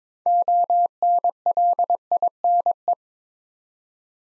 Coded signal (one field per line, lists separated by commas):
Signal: Morse code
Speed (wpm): 23 wpm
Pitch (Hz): 700 Hz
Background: none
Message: ONLINE